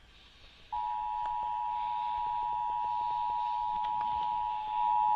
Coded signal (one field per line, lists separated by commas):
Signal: Emergency Alert System (SAME) tones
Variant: 853 and 960 Hz attention tone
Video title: CLOSING OUT 2025... EAS Tests from December 2025 (EAS #6,516 - 6,535)